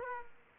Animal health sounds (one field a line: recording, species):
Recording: mosquito wingbeat signal from an infrared sensor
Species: Aedes aegypti